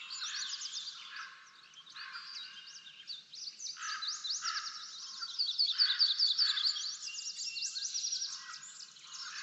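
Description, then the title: Bird chorus, high chirps and trills over bursts of lower chattering calls. Backyard. "Backyard Birds - Ambient Nature Bird Sounds"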